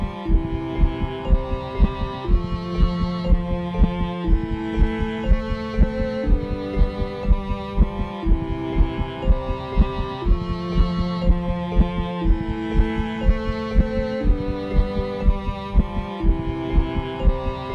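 Adult heartbeat from a patient near the end of life, recorded with an electronic digital stethoscope. It was edited to remove extra noises, looped, and layered with the chords of a song the patient had written, with the heartbeat given precedence over the music.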